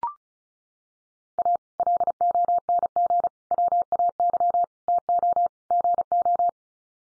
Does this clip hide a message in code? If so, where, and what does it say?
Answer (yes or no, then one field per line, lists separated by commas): yes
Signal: Morse code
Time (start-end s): 1.4-6.5 s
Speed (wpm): 34 wpm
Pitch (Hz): 700 Hz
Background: none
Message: A LONG WAY TO GO